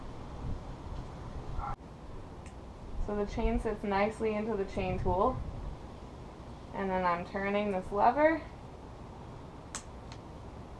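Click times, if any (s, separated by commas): 9.8 s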